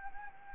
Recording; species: mosquito wingbeat signal from an infrared sensor; Anopheles gambiae